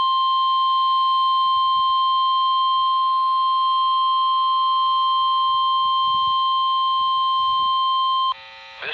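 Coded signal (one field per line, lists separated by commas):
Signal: Emergency Alert System (SAME) tones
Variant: 1050 Hz attention tone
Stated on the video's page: NOAA weather radio Required Weekly Test from a Mooresville, NC transmitter on 162.525 MHz, received on a RadioShack 12-254 weather radio.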